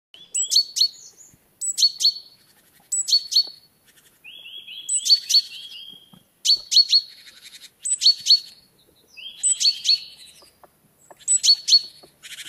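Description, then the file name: Great tit calls: a high thin note dropping into two or three sharper notes, repeated roughly every one and a half seconds, with one buzzy churring stretch midway. "Parus major"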